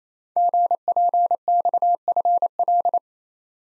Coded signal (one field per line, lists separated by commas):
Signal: Morse code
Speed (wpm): 28 wpm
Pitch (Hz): 700 Hz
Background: none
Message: GPXFL